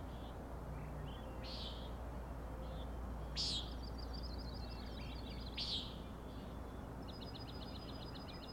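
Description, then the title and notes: Common nighthawk nasal, buzzy peent calls in a few spaced short bursts, with quick dry rattling pulse series in between and at the end, over steady low background hum. Three birds at 4am, 16 June 2017, Schoodic Head overlook, Acadia National Park, Winter Harbor, Maine; peenting and rattles while flying closely following one another, passing near the recordist. "Common Nighthawks, Schoodic Head 061617 4am. 3 common nighthawks making peenting calls and wings booms but also a rattling noise at the Overlook (410 ft) on Schoodic Head (435 feet) Schoodic division Acadia National Park Winter Harbor, ME"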